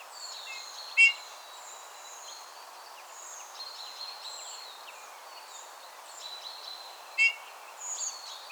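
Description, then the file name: Eurasian bullfinch calls: two short, soft piping notes, one near the start and one near the end, over a steady chorus of other birds twittering higher up. "Pyrrhula pyrrhula"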